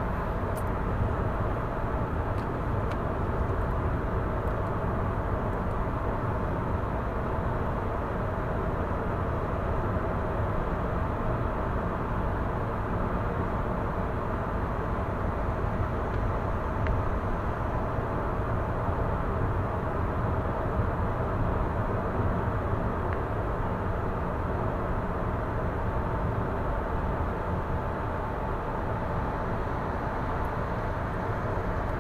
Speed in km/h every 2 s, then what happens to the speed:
93, 93, 93, 93, 93, 93, 93, 93, 92, 90, 89, 88, 86, 85, 84, 83.
0-15 steady at about 93. 15-32 slows to 83.